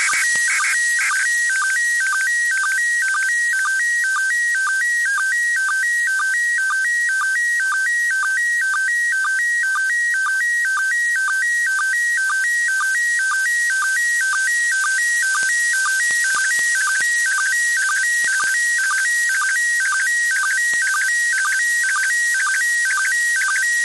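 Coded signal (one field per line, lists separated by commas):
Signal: SSTV (slow-scan television)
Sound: warbling high tone shifting pitch with regular short low blips, bursts of hiss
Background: radio static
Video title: ISS SSTV Broadcast 29.12.2021 @08:36 UTC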